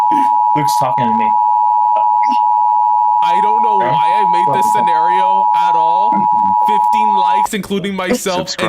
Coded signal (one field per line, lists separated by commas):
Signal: Emergency Alert System (SAME) tones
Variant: 853 and 960 Hz attention tone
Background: speech